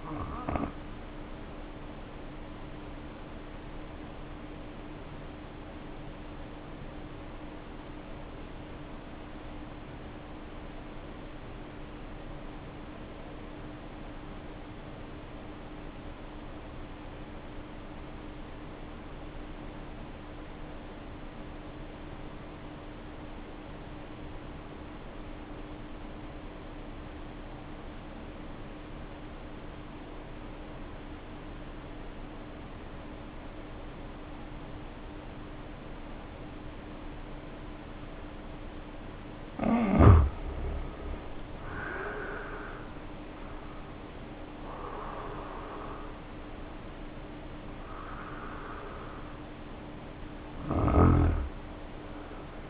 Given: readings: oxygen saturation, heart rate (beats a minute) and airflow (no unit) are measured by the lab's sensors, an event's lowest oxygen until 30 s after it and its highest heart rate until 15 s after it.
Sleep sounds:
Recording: breathing in sleep by a voice recorder at the bedside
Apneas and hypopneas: 1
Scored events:
4.00-42.90 s: obstructive apnea (N1, oxygen 95% highest, then 72% lowest, heart rate 55 at the start, 78 highest)
From the record:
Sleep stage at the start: N1 (lightest sleep)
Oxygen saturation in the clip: 75 to 95%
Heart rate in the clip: 54 to 78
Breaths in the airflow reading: 5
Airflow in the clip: -2.5 to 3.5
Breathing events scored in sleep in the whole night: 520 in 7.2 hours asleep

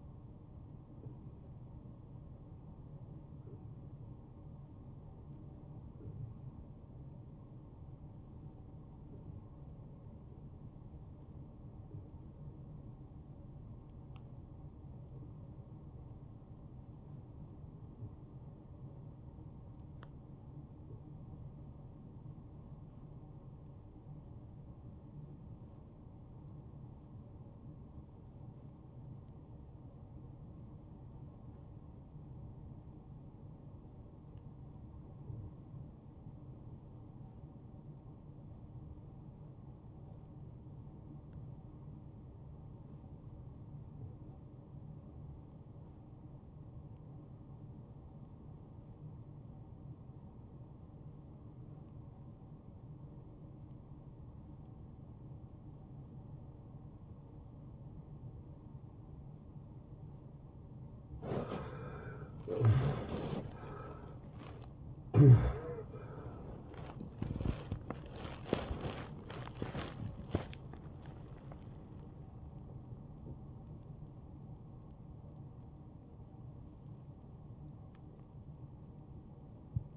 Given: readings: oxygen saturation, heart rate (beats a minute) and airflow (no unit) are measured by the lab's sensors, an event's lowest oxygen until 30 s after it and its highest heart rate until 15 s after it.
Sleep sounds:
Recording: breathing in sleep by a smartphone at the bedside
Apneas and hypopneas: 1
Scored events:
3.00-61.90 s: obstructive apnea (REM, oxygen 93% highest, then 65% lowest, heart rate 78 at the start, 96 highest)
54.00-79.97 s: new sleep stage, N1 (lightest sleep)
From the record:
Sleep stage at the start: REM sleep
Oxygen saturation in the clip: 72 to 93%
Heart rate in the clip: 61 to 96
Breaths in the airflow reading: 6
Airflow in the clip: -19.0 to 9.0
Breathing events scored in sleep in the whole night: 263 in 5.5 hours asleep

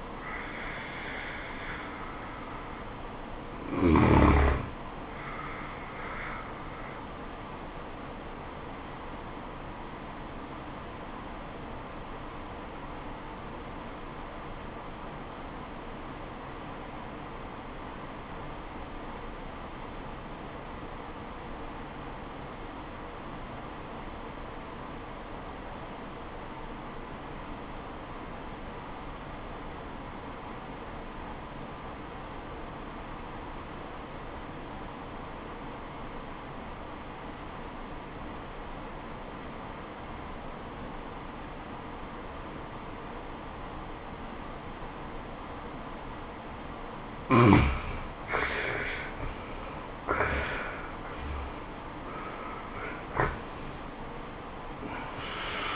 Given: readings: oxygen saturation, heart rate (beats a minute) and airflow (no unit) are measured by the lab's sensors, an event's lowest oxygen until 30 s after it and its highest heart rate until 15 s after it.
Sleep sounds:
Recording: breathing in sleep by a voice recorder at the bedside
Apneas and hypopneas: 1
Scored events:
10.00-49.20 s: obstructive apnea (N1, oxygen 96% highest, then 74% lowest, heart rate 84 at the start, 90 highest)
25.00-55.76 s: new sleep stage, REM sleep
From the record:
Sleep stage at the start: N1 (lightest sleep)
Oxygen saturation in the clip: 71 to 96%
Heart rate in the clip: 67 to 89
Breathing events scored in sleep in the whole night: 426 in 7.4 hours asleep

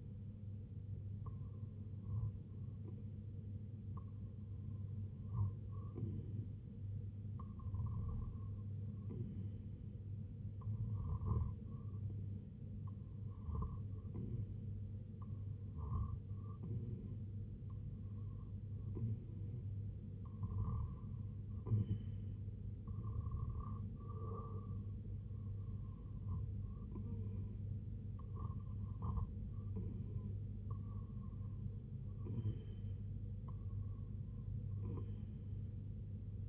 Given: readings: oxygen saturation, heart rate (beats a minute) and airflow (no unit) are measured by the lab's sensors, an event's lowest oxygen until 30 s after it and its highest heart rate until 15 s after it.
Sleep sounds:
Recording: breathing in sleep by a smartphone at the bedside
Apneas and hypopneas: 1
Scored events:
4.00-25.10 s: hypopnea (REM, oxygen 97% highest, then 94% lowest, heart rate 72 at the start, 81 highest)
From the record:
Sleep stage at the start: REM sleep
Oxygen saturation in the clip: 95 to 97%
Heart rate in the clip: 72 to 81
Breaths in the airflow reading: 12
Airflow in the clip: -4.8 to 2.7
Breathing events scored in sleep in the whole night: 258 in 7.4 hours asleep

